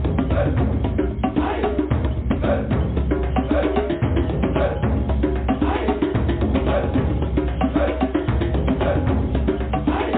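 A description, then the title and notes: Drumming plays without a break, a dense run of quick hits over a heavy, booming low end. Strokes come fast and fairly regular, with brighter accents scattered throughout, and the loudness holds steady from start to finish. DRUMMING.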